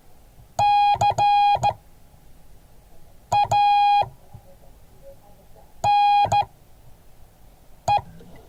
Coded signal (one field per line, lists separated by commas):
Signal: Morse code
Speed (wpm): 14 wpm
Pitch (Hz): 820 Hz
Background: none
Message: CANE